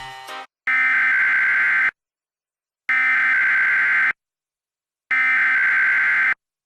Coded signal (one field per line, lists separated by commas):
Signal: Emergency Alert System (SAME) tones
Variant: header bursts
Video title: EAS Reenactment Mock: Harvey wrecks havoc [v2] (Extreme Wind Warning) - AUG 25 2017